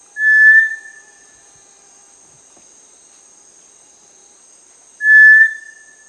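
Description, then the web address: Cinereous Tinamou whistles: a pure, steady note held under a second, given twice about five seconds apart, with a faint high hiss throughout. Recorded in Peru. "Birds of the Amazon 1. Cinereous Tinamou (Crypturellus cinereus), Peru"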